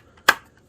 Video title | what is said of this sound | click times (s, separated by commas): DeLonghi ECP3420, 3120, 3630 Upgrade Kit Installation Guide by Sungaze Coffee | and the PID controller will click right into place | 0.3 s